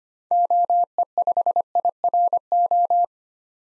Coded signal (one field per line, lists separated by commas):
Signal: Morse code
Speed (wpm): 25 wpm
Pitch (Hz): 700 Hz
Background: none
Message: OE5IRO